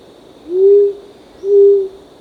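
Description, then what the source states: Short-toed coucal giving deep, hollow hoots, two evenly spaced notes about a second apart, over a steady high insect drone. Recorded on 1 April 2006.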